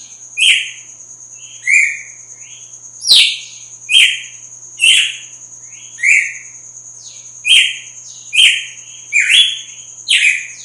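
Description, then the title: Red-cowled cardinal giving a long series of sharp whistled phrases, each a slurred note with a high accent, against a steady high whine. Female; sings strongly at dawn after the moult. "Canto Galo Campina Fêmea. GALO DE CAMPINA AÇOITA FORTE NA MADRUGADA DEPOIS DA MUDA"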